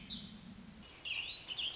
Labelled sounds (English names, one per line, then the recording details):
Warbling Vireo
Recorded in Sonoma County, California